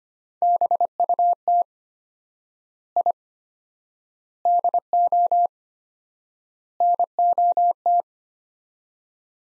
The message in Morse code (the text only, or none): BUT I DO NOT